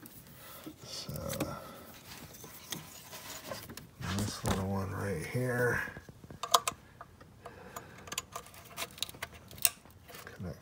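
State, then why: Seated. On a 2010-2015 Toyota Prius, during reinstallation of the intake after EGR valve and intake manifold cleaning, a small wiring harness connector is pushed onto its sensor socket on the intake assembly. Someone talks over light handling and rattling, with sharp ticks around 6.4-6.7 s. The connector clicks and seats at 9.7 s.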